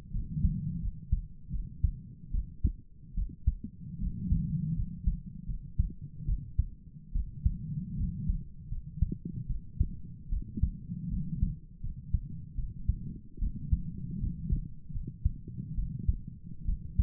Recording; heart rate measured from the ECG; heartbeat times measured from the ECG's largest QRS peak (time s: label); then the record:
heart sounds by stethoscope; 76 bpm
0.12 s: heartbeat
0.81 s: heartbeat
1.52 s: heartbeat
2.32 s: heartbeat
3.15 s: heartbeat
4.00 s: heartbeat
4.76 s: heartbeat
5.47 s: heartbeat
6.26 s: heartbeat
7.13 s: heartbeat
7.97 s: heartbeat
8.70 s: heartbeat
9.48 s: heartbeat
10.30 s: heartbeat
11.10 s: heartbeat
11.82 s: heartbeat
12.56 s: heartbeat
13.40 s: heartbeat
14.20 s: heartbeat
14.93 s: heartbeat
15.76 s: heartbeat
16.66 s: heartbeat
From the record:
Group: healthy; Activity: rest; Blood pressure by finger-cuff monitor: 114/56 mmHg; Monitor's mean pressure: 75 mmHg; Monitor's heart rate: 73 bpm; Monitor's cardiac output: 7.8 L/min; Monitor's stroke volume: 102 mL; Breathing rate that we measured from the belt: 18 breaths a minute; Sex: female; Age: 22 years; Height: 160 cm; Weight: 63 kg